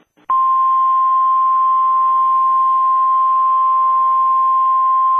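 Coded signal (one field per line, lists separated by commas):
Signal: Emergency Alert System (SAME) tones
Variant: 1050 Hz attention tone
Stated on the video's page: Fictional EAS scenario of a nuclear attack.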